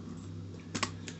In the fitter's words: then rewind the film you heard it pop out on